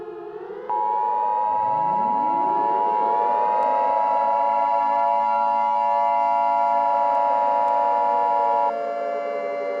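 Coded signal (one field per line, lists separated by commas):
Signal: Emergency Alert System (SAME) tones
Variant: 853 and 960 Hz attention tone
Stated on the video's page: Fictional EAS end-of-the-world scenario, not a real alert.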